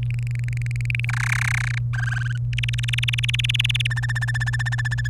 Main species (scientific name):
Serinus canaria